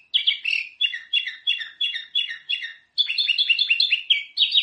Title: Suara Burung Kutilang